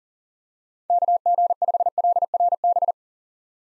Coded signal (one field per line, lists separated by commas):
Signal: Morse code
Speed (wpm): 40 wpm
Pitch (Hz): 700 Hz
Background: none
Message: KG5LRB